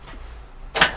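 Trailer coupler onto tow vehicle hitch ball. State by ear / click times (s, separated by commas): seated / 0.8 s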